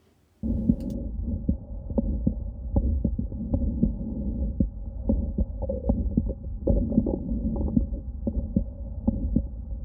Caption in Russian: Пациентку, которая немногим более 30 лет с врожденным легким стенозом клапана легочного ствола два симптома – систолический нарастающий убывающий шум и легочной тон изгнания. Легочной тон изгнания – это щелчок, который практически совпадает с первым тоном. Он слышен на выдохе и исчезает на вдохе. Второе межреберье слева от грудины.